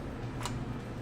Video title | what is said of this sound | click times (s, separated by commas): PTVM Training Video Part 2 of 3 | It clicks into place, you'll hear it click. | 0.5 s